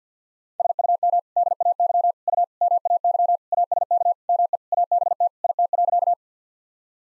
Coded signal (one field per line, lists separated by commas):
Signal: Morse code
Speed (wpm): 50 wpm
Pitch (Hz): 700 Hz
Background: none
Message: SUM DAY U MAY ASK ME ABT IT.